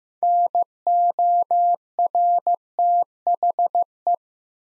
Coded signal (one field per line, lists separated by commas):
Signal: Morse code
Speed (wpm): 15 wpm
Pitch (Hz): 700 Hz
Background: none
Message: NORTHE